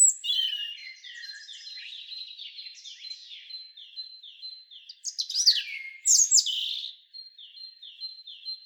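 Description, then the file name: European robin singing a soft, tinkling run of high notes, then a loud burst of sweet sliding whistles, easing back into quieter repeated high phrases. "Erithacus rubecula"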